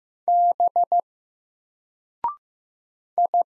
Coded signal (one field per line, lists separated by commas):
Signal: Morse code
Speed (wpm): 15 wpm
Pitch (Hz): 700 Hz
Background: none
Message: B I